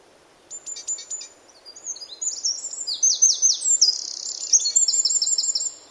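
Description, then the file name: Great tit calls: scattered high chips, then a dense run of quick, thin, downward-sweeping notes in rapid succession, ending in a repeated chattering series. "Parus major"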